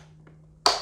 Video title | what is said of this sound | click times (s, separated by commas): Dreametech Dreame D9 Robot Vacuum & Mop Cleaner Review | until it clicks | 0.7 s